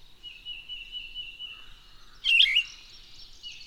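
Birds singing: a constant high chorus with one sharp, warbling phrase bursting out past the middle.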